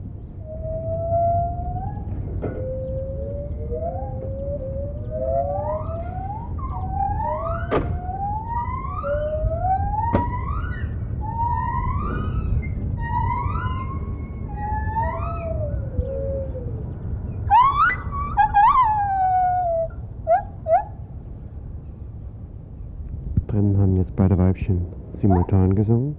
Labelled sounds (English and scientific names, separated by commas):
Lar Gibbon (Hylobates lar)